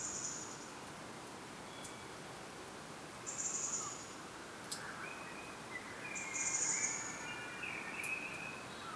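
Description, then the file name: European robin with three high, thin, buzzy calls spaced about three seconds apart, plus some lower chirping bird notes and soft background hiss. "Erithacus rubecula"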